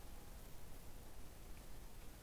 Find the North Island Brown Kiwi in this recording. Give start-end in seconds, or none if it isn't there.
none